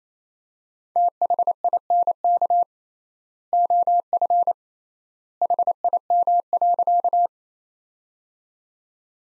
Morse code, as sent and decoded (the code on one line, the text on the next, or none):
- .... .. -. -.- / --- ..-. / .... .. -- .-.-.-
THINK OF HIM.